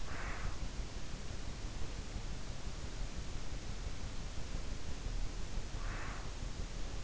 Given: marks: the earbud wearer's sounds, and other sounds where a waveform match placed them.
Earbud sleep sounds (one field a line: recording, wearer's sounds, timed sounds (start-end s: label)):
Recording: sounds in sleep by an in-ear microphone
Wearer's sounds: breath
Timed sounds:
0.00-0.74 s: breath
5.78-6.40 s: breath